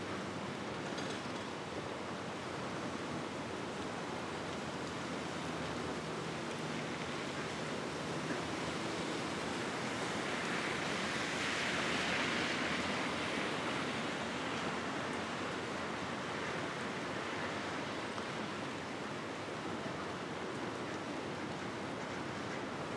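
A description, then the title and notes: A rainy Brooklyn street with light traffic: a dense, steady hiss of rain and wet road noise fills the whole clip. Around the middle, roughly ten to fourteen seconds in, a vehicle swells past with a brighter splashing rush, then the even wash returns. Ext. Brooklyn. Rainy Day - Street - Light Traffic. Rainy Day - Street - Light Traffic by Bandeto.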